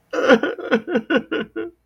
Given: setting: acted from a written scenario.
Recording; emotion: vocal sound without words; sadness